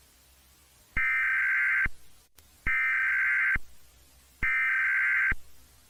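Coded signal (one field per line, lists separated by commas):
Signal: Emergency Alert System (SAME) tones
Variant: header bursts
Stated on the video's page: Fictional EAS scenario that may include valid alert tones.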